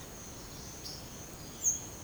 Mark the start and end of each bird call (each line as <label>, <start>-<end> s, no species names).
bird call, 1.55-1.83 s